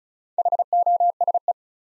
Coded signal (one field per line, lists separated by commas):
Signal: Morse code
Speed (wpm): 36 wpm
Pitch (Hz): 700 Hz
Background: none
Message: HOSE